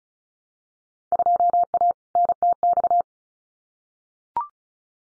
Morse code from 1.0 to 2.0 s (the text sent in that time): 2A